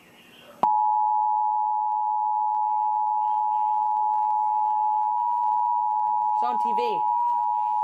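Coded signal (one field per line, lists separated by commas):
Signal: Emergency Alert System (SAME) tones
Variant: 853 and 960 Hz attention tone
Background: speech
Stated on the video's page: Fictional EAS scenario.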